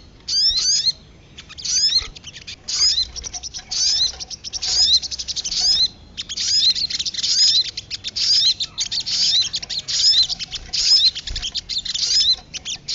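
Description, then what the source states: Lovebird chattering: shrill, scratchy bursts, separate at first, then running almost continuously, high and rasping. Lure call recording used for trapping birds.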